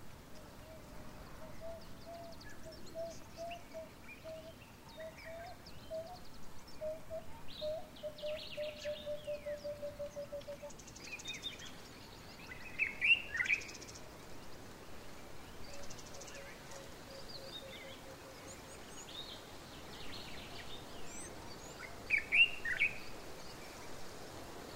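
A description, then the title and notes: Birds call throughout in an open bush setting, with a low, steady hoot repeating through the first ten seconds and again faintly later. Higher chirps and short trills come and go, peaking sharply around 13 and 22 seconds, over a soft constant background rush. Relaxing Sounds Of The African Bush. Birds, wind an other wildlife.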